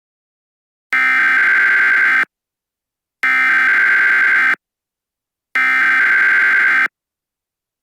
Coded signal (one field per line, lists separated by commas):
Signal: Emergency Alert System (SAME) tones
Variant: header bursts